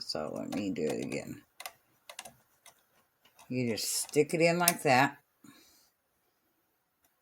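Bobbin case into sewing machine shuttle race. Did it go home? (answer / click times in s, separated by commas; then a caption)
no / none. A bobbin case is pushed in on a second try into the shuttle race of a Kenmore 158.152 (also listed as 158.141) sewing machine. Someone talks at the start and again around 3.5–5.8 s, with a few short, light handling taps around 1.6–2.7 s and a faint tick near 7.1 s. The bobbin case has not seated or clicked into the shuttle yet.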